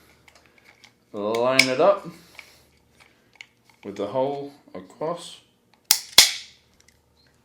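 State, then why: Seated. The safety button is lined up with its hole and pushed sideways through the trigger frame of an Empire Battle Tested BT-4 Combat paintball marker while someone talks. It snaps into its detent with a sharp click at 5.9 s, followed by another loud click at 6.2 s, and is seated.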